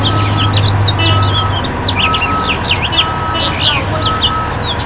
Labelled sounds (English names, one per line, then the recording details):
House Finch song
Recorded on Long Island, New York, on 23 June 2012
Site JA
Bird A